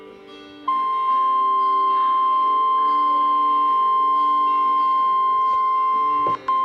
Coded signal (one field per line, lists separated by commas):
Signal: Emergency Alert System (SAME) tones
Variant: 1050 Hz attention tone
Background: music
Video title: EAS #28 Severe Thunderstorm Warning